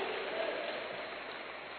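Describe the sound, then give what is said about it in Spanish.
A church audience applauding to give praise to God during a sermon, a steady wash of many hands clapping at once, dense and even throughout with no individual claps standing out and no talking over it. “¿Alguien le puede dar un aplauso a Dios?”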